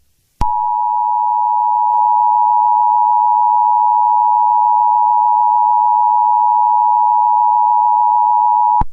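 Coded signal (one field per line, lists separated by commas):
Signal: Emergency Alert System (SAME) tones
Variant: 853 and 960 Hz attention tone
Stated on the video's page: Fictional EAS scenario made for entertainment.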